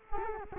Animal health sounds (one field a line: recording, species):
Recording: mosquito wingbeat signal from an infrared sensor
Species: Culex quinquefasciatus